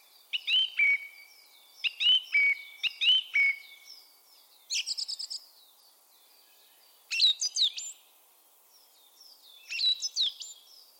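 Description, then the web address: Bird repeating short whistled notes with sharp chirps, a brief buzzy rattle in the middle, then more chirping phrases after pauses. "cianscape birddata Deverinetal 2025"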